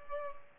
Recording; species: mosquito wingbeat signal from an infrared sensor; Culex pipiens